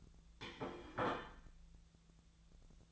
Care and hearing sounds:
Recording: daily activity, microphone in the room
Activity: place plate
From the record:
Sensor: 3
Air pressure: 1009.4 hPa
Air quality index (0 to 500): 197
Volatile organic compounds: 16 ppm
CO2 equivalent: 2558 ppm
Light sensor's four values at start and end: 33/82/35/37 and 33/82/35/37

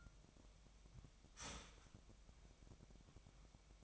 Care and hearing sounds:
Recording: daily activity, microphone in the room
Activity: start toaster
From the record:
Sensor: 1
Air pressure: 1002.0 hPa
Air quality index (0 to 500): 238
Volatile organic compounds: 43 ppm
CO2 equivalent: 3196 ppm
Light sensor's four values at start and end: 10/35/12/14 and 10/35/12/14

